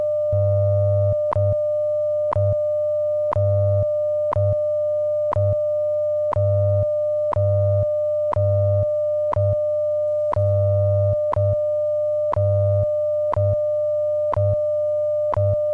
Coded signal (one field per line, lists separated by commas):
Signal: radio time signal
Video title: WWV Special Announcement #1 Celebrating 100 Years | Signal Phantom